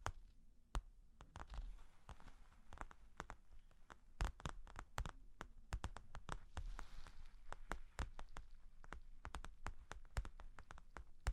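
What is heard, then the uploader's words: Long claws tap and scratch in an uneven, fast patter of sharp clicks across the whole clip, over a low, soft rumble. Long Claws Tapping and Scratching (No Talking).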